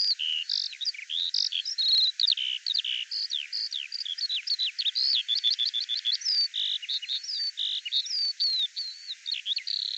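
Bird song, a fast, dense run of varied high whistled and chirping notes, short slurs and buzzy bursts, delivered almost without pause throughout.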